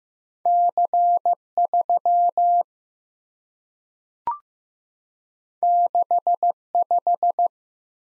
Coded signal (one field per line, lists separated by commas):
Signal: Morse code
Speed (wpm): 15 wpm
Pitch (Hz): 700 Hz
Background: none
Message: C3 65